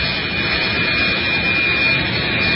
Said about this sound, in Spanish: Efectivamente, vino un jet privado, y parece que una mesnada de jovencitas ha aterrizado el jet, salen todas del jet.